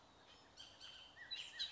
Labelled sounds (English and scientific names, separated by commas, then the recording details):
Bullock's Oriole (Icterus bullockii)
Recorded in Sonoma County, California